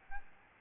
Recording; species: mosquito wingbeat signal from an infrared sensor; Aedes albopictus